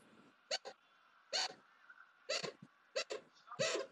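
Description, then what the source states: Chinchilla squeaks: short, sharp bursts repeated in quick, uneven clusters over a few seconds, with quiet gaps between. Pet chinchilla squeaking in the streamer's room during a live football watch-along stream, 10 April 2021.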